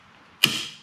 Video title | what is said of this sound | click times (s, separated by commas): 2004 Harley Davidson Roadking Twin Cam rocker box removal and install, Leaking gaskets new breathers | and let it snap in place that holds it until you slip the tank on | 0.4 s